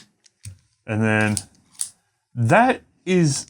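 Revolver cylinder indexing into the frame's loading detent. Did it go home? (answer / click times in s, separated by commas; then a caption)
yes / 0.5 s. A steel revolver cylinder is rotated by hand by its textured front until it clicks into the frame's loading detent, lining a chamber up with the loading opening. A sharp click is heard at 0.5 seconds, followed by someone talking, and the cylinder is seated in the detent.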